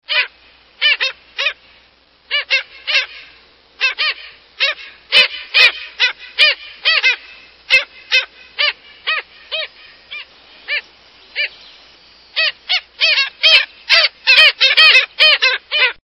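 Black skimmer calling with short, nasal, barking notes, repeated in irregular bursts and clusters, several notes per second at times, with brief quiet spells between runs.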